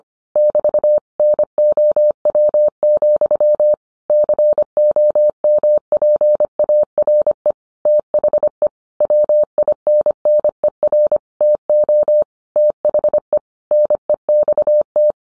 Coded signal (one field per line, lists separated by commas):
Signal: Morse code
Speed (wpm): 25 wpm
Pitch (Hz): 600 Hz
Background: none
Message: <BT> NOW, COMPARE THE WINNER TO THE NEXT